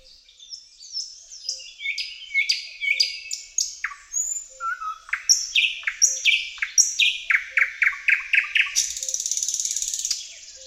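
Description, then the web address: Thrush nightingale song: twittering notes building into a long series of loud, repeated notes, ending in a rattling buzz. "Tajemnice puszczy Slowik szary"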